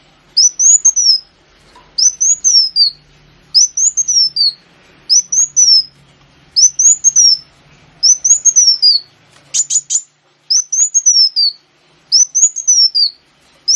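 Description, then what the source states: Sunbird song: a steady series of short high phrases, each rising then falling, repeated about every one and a half seconds, with one burst of sharp chips. Lure recording (pancingan) of kolibri wulung song.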